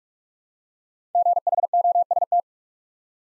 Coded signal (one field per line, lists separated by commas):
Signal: Morse code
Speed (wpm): 44 wpm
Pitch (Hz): 700 Hz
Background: none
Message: GHOST